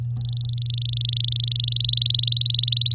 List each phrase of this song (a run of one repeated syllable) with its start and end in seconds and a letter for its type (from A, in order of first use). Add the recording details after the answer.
0.13-1.62 A, 1.63-2.94 B. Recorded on 10 May 2018 at 09:59. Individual llb16